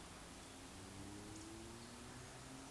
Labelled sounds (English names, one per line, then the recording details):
Eurasian Woodcock whistle
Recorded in Baden-Württemberg, Germany, on 9 May 2021 at 19:21 UTC
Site 23718, 552 m above sea level